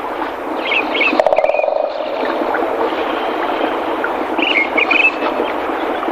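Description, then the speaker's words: Woodpecker drumming in one rapid, rattling burst lasting under a second, with short whistled phrases of other birds before and after. Drums by striking as if bouncing, bracing itself on the base of its tail feathers; the drumming is said to run 18 to 22 strikes per second. "それではキツツキのドラミング、お聞きください。"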